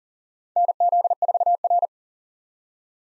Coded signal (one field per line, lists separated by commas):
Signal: Morse code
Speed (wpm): 40 wpm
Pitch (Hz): 700 Hz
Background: none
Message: NZ4R